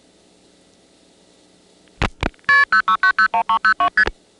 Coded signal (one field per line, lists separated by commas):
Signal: multi-frequency trunk signalling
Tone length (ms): 100 ms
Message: KP06901302ST